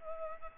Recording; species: mosquito wingbeat signal from an infrared sensor; Culex pipiens